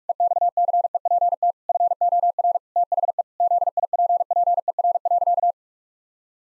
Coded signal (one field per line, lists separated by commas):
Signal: Morse code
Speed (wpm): 44 wpm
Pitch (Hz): 700 Hz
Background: none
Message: EXCEPT FOR THE ZIPPER.